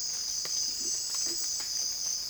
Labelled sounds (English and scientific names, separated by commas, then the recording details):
none
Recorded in secondary vegetation near Puerto Asís, Putumayo, Colombia, on 20 December 2024 at 05:00
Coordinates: 0.481, -76.318
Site G042